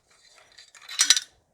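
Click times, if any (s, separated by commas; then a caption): 1.0 s, 1.1 s. A new square dibble insert is pushed into the plunger of a galvanized steel soil block maker after the old square inserts have been squeezed out. Faint rubbing and scraping build up to sharp metallic clinks at 1.0 s and 1.1 s as the insert pops into place. The insert is fully seated.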